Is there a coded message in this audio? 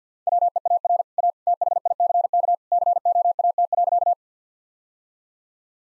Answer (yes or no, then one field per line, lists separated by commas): yes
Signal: Morse code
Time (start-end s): 0.3-4.1 s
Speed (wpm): 50 wpm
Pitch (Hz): 700 Hz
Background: none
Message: WEAR A THICK COAT.